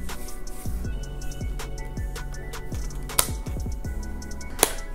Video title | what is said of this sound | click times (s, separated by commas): I got the Samsung Galaxy Z Fold 3 5G - Review of Spigen Ultra Hybrid crystal clear case | everything you hear the clicks everything's clicked into place | 3.2 s, 4.6 s